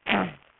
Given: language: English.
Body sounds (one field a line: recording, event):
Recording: throat vibration sensor signal played as sound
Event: throat clearing